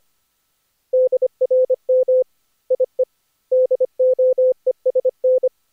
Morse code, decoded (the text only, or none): DRM IE DOESN